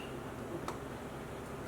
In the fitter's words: Nice click, fits perfect. That's how you know it's a good one.